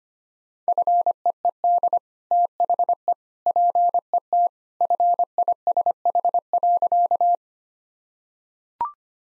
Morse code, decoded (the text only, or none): FEED THE PET FISH.